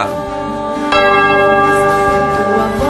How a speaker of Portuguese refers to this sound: Vai lá, sacristão, toca o sino, homem, vai lá.